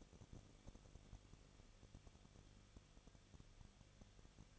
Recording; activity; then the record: daily activity, microphone in the room; no activity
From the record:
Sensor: 4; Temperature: 23.0 degrees Celsius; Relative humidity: 34.0%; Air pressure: 1007.4 hPa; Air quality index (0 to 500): 213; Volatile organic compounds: 14 ppm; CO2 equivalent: 2447 ppm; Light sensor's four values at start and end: 2/3/1/1 and 2/3/1/1